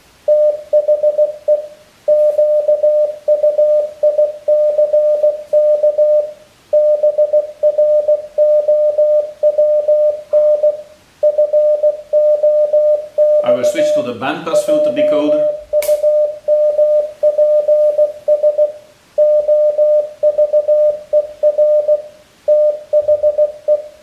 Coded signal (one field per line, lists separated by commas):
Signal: Morse code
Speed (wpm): 16 wpm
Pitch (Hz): 600 Hz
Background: speech, radio noise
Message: THE QUICK BROWN FOX JUMPS OVER THE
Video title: The OST Morse Box - Part 3 : Extended Version